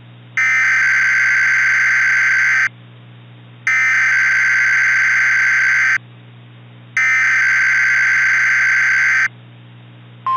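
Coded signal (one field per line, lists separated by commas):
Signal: Emergency Alert System (SAME) tones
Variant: header bursts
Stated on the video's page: Fictional tornado EAS scenario for Washington DC, not a real alert.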